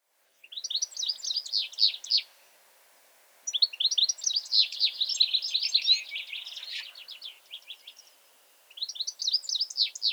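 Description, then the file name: European goldfinch singing fast liquid twitters mixed with buzzy and chattering notes, in three phrases with brief silences between them, the last cut off at the end. "Carduelis carduelis"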